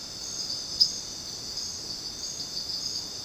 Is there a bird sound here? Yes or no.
no